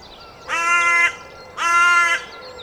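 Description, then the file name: Carrion crow uttering two long, hoarse, even caws roughly one second apart, with faint chirps of small birds behind. "Corvus corone"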